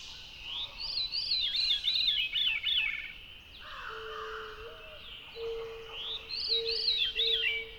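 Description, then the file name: Veery singing two descending, ethereal spirals of rolled notes several seconds apart, with a soft low whistled tone and faint background rustle between them. "very veery"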